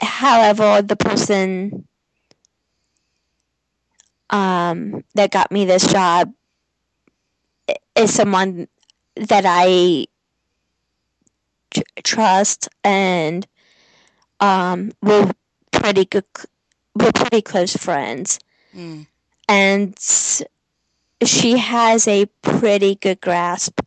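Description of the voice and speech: An adult man who has stuttered since age 3 to 4 speaks in short bursts broken by long silent gaps of up to two or more seconds, with stretched sounds and drawn-out 'um' fillers mid-phrase. These blocks, prolongations and a restarted word fit stuttering. He had other speech impediments in early childhood and received speech therapy through school.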